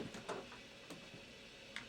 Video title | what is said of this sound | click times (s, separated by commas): *AIRSOFT HOBBY* - Keeper's Weapon Spotlight: "The Rat Gun" | there you go it's locked in place | 1.8 s